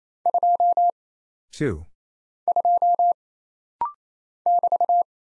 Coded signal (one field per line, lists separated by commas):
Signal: Morse code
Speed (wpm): 27 wpm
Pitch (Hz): 700 Hz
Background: none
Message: 2 2 <BT>